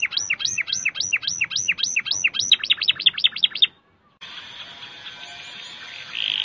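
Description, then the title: Canary song in phrases of repeated swooping notes, then a faster trill, a brief silence, and a stretch of hissy background noise to the end. "Kenari"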